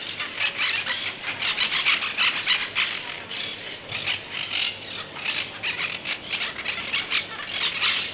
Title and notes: Cotorra De Pit Gris. Es la cotorra monje